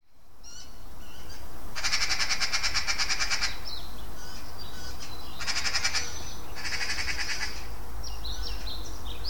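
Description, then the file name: Eurasian magpie chatter: several loud, harsh rattling bursts in quick succession, with faint chirps from other birds and a steady low rumble behind. "Pica pica"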